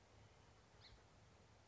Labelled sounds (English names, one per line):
Song Sparrow